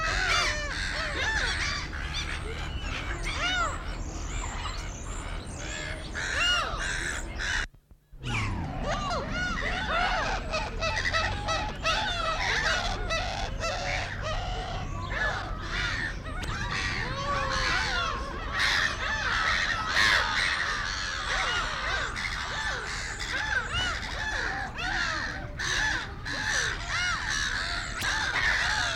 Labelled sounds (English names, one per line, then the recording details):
Black-tailed Gull
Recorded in captivity
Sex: pair
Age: adult
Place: Tierpark Berlin, Berlin, DE
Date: 1994-04-08 10:11
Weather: sonnig, 5°C
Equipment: Marantz CP 430, Sennheiser ME 80, Kopie Uher Variocord 263
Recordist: Tembrock, Günter